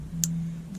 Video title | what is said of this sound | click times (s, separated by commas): Install and Unboxing a Wheelman Pro Autosteer | You simply match that up. Hear that click? | 0.2 s